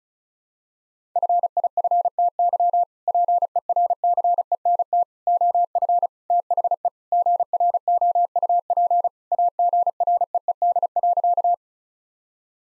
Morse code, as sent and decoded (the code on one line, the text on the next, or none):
..-. .. ..-. - -.-- / .--. . .-. -.-. . -. - / --- ..-. / - .... . / --. .-. --- ..- .--. / .- --. .-. . . -.. .-.-.-
FIFTY PERCENT OF THE GROUP AGREED.